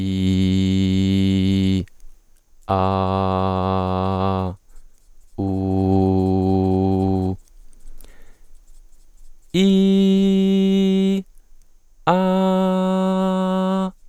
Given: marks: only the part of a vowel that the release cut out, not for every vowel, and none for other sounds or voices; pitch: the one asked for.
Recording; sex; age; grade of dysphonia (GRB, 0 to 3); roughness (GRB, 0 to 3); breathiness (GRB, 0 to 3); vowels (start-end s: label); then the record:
sustained vowels; male; 20 to 29 years; 0; 0; 0
0.00-1.66 s: vowel /i/, normal pitch
2.93-4.39 s: vowel /a/, normal pitch
5.59-7.21 s: vowel /u/, normal pitch
9.87-11.05 s: vowel /i/, high pitch
12.21-13.71 s: vowel /a/, high pitch
From the record:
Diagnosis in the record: healthy voice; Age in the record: 26 years